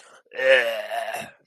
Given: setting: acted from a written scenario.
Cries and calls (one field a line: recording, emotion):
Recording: vocal sound without words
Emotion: disgust